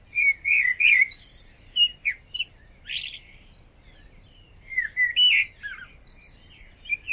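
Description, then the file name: Common blackbird giving squeaky high twittering phrases with a brief harsh note near the middle, then more twittering toward the end. "Turdus merula"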